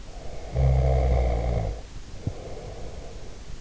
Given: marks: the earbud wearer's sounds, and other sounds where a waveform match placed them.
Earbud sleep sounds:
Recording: sounds in sleep by an in-ear microphone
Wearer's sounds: snoring breath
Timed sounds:
0.06-3.51 s: snoring breath

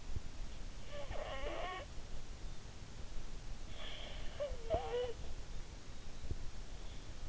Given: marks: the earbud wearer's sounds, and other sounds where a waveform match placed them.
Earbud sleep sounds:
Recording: sounds in sleep by an in-ear microphone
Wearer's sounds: breath, snoring breath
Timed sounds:
0.65-2.30 s: breath
3.24-5.65 s: snoring breath

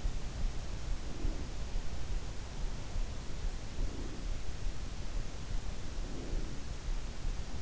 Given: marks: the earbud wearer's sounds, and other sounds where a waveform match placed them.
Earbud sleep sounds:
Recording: sounds in sleep by an in-ear microphone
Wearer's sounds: breath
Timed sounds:
0.88-1.97 s: breath
3.64-4.43 s: breath
5.94-6.94 s: breath

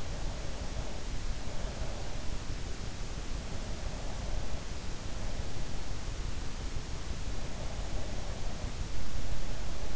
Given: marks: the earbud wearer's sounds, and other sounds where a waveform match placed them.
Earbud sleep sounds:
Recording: sounds in sleep by an in-ear microphone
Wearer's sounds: breath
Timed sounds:
0.00-3.02 s: breath

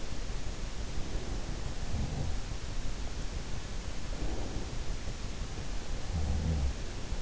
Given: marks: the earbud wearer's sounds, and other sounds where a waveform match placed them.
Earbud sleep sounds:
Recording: sounds in sleep by an in-ear microphone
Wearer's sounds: breath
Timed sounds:
0.58-3.10 s: breath
3.61-7.21 s: breath

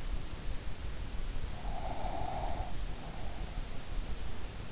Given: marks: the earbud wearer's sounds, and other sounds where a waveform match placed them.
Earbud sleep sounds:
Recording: sounds in sleep by an in-ear microphone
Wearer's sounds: breath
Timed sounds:
1.51-3.66 s: breath

